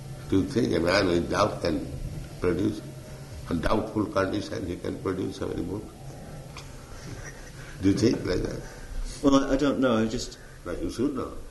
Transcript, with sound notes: Do you think a man with doubt can produce, in doubtful condition, he can produce so many books? [devotees quietly laughing] Do you think like that?
Well, I don't know. I just...
Well, you should know.